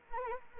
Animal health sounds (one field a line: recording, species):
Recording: mosquito wingbeat signal from an infrared sensor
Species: Anopheles arabiensis